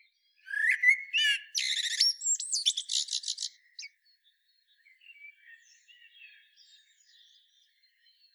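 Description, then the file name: Common blackbird song: short warbled notes lead into a rapid, squeaky high trill and twitter, then faint background chirps. "Turdus merula"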